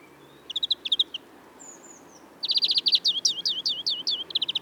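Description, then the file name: European greenfinch song: short trills, a thin drawn-out note, then a continuous run of rapid trills and swooping twittered notes. "Chloris chloris"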